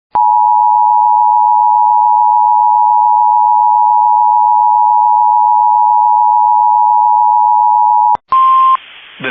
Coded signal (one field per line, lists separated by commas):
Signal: Emergency Alert System (SAME) tones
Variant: 853 and 960 Hz attention tone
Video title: Severe Thunderstorm Warning on Central Alert Respritory (EAS 226)